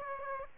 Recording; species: mosquito wingbeat signal from an infrared sensor; Aedes aegypti